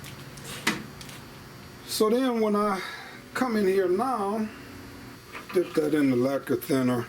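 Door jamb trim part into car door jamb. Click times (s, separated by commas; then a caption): 0.7 s. A door jamb trim part is pushed back into its mounting hole in the door jamb of a 1970 car, and a sharp click at 0.7 s shows it snapping into place. A softer tap follows around 1.0 s, and then someone talks.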